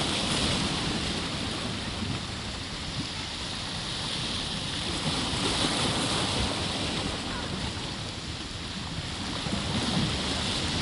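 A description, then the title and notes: Gentle waves wash in and out in a steady, dense rush, with a rumbling low end and a soft hiss that swells slightly near the end. The alluring, blue-green water found here at the tip of Key West. The ebb and flow of gently passing waves.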